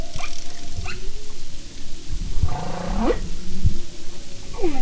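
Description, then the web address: Humpback whale song with short sweeping upward and downward cries and low grunts repeated over a loud underwater hiss. "Sound and Marine Mammals humpback"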